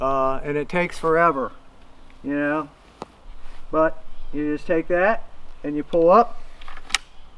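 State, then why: Seated. A crossbow string is pulled up by hand, with a foot in the front stirrup, until it catches in the trigger latch while someone talks. A sharp click at 7.0 s marks the string seating in the latch, and the crossbow is ready.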